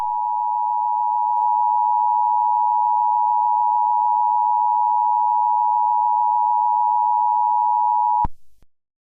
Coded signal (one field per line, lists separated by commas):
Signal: Emergency Alert System (SAME) tones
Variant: 853 and 960 Hz attention tone